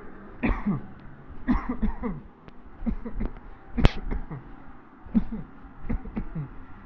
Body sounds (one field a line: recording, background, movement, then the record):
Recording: voluntary coughing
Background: traffic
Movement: walking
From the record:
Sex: male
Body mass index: 20.5 kg/m2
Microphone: on the chest, facing the body